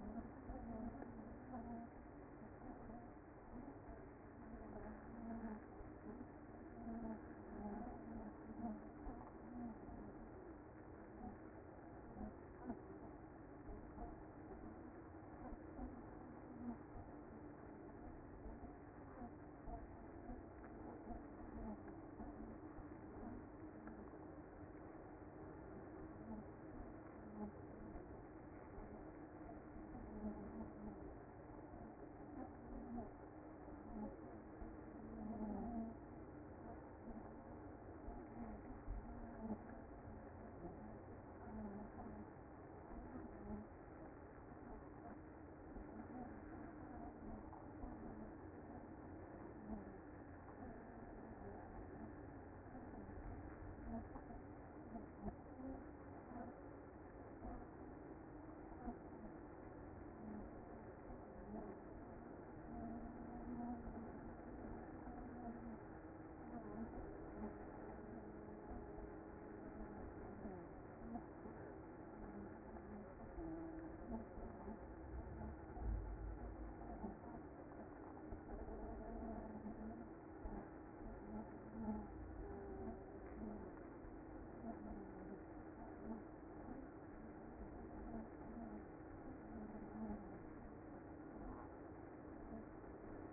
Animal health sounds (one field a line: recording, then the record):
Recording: honeybee colony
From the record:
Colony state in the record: active